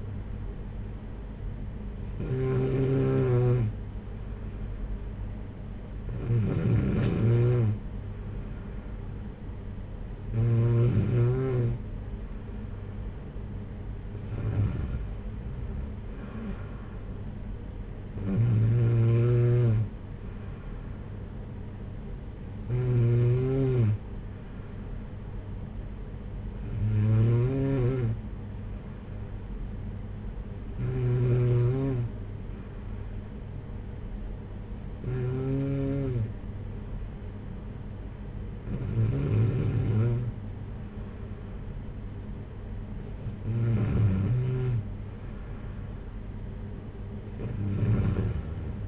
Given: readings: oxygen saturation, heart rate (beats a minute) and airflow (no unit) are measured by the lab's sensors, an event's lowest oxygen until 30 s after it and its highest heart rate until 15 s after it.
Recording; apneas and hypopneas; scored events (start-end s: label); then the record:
breathing in sleep by a smartphone at the bedside; none
none scored
From the record:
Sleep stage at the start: N2 (light sleep); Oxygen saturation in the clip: 93 to 95%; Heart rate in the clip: 50 to 60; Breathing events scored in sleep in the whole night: 226 in 8.8 hours asleep